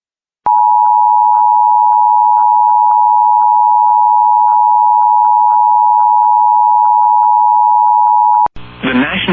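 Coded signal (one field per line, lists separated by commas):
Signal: Emergency Alert System (SAME) tones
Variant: 853 and 960 Hz attention tone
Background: speech, music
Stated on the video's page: Flash Flood Warning for Wake County, North Carolina, received on Spectrum TV cable.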